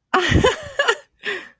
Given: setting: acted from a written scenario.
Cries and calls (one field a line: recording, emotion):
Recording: vocal sound without words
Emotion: amusement